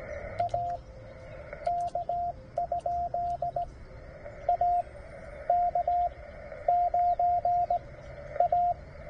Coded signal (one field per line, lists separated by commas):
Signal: Morse code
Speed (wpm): 17 wpm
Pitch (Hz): 700 Hz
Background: radio noise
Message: AK? AK9A